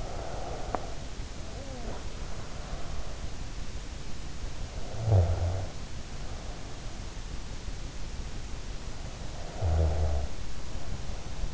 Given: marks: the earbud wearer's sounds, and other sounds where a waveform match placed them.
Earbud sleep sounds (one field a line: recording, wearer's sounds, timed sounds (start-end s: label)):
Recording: sounds in sleep by an in-ear microphone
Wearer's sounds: breath, snoring breath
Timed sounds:
0.00-3.08 s: breath
4.80-6.97 s: snoring breath
9.03-11.54 s: snoring breath